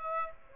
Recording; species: mosquito wingbeat signal from an infrared sensor; Aedes aegypti